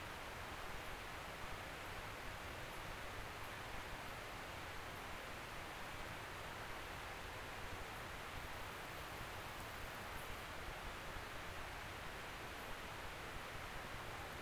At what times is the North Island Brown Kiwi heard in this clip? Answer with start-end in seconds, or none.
none